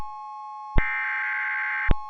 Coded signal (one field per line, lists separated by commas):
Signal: Emergency Alert System (SAME) tones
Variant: header bursts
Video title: EAS - Iowa's Big One